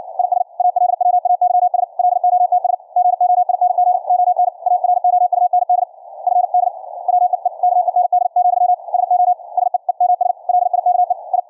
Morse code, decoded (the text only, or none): IS ALWAYS LOTS GOING ON AROUND FD WEEKEND, SO SEEMS LIKE I